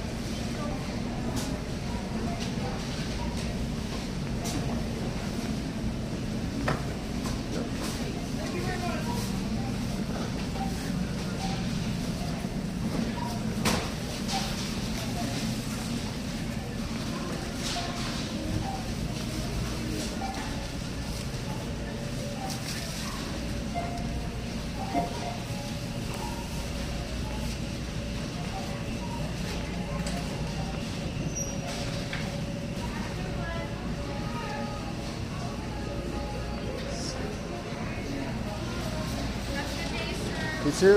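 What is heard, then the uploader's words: Walking through a store from the bottle return to the service desk, with a steady low hum, faint voices and scattered clicks and clatter. Bottle Return Sounds.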